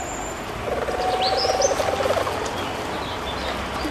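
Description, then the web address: Stoat giving a soft, low pulsed trill for about a second and a half, with a few faint high chirps above it. "earth naturelibrary assets s st stoat"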